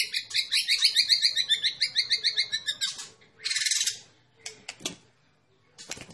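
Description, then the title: White-rumped shama song: fast run of varied, rhythmic whistled notes for three seconds, then a short burst of buzzy notes and scattered sharp chips. Champion white-rumped shama; masteran, a training recording for songbirds to learn from. "Masteran Murai Batu Juara"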